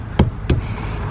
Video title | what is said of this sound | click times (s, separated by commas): How to install roof rails and crossbars on 2018 Honda Odyssey | you have lined that then you can just drop it in make sure everything is snapped into place the | 0.2 s, 0.5 s